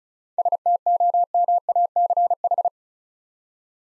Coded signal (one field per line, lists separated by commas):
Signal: Morse code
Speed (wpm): 36 wpm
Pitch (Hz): 700 Hz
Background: none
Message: STOMACH